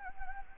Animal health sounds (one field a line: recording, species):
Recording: mosquito wingbeat signal from an infrared sensor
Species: Anopheles gambiae